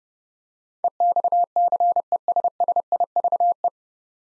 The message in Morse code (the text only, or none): EXCESSIVE